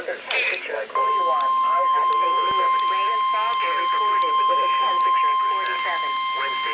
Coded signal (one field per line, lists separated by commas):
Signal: Emergency Alert System (SAME) tones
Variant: 1050 Hz attention tone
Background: speech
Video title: NOAA Weather Radio EAS #67-71 See Dec.